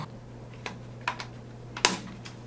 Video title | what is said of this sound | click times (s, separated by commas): Dell Laptop FULL REASSEMBLY WALKTHROUGH! (Fix hinges on 7559) | just like that that's a little click right there when it's in position | 1.8 s